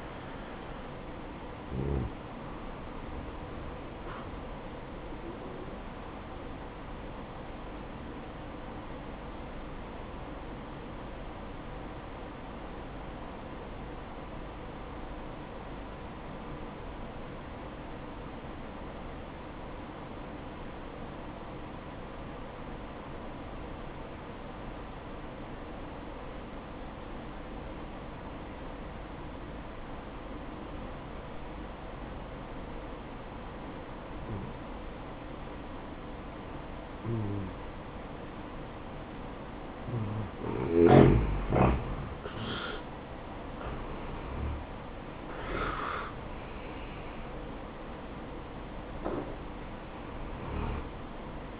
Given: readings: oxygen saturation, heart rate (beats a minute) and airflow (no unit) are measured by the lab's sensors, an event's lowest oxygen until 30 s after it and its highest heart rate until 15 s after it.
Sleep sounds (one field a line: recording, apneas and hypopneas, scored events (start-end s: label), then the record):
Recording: breathing in sleep by a voice recorder at the bedside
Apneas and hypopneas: 1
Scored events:
10.00-42.00 s: obstructive apnea (N1, oxygen 96% highest, then 85% lowest, heart rate 64 at the start, 70 highest)
From the record:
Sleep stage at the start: N1 (lightest sleep)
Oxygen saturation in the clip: 84 to 96%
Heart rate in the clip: 59 to 70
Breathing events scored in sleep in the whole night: 573 in 9.8 hours asleep